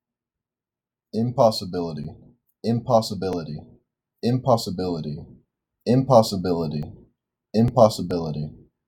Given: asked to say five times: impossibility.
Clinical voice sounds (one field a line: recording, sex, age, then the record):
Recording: repeated word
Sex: male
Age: 18 to 19 years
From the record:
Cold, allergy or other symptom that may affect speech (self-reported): no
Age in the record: 19 years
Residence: Kentucky, United States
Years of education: 14